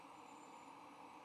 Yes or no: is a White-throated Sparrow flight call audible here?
no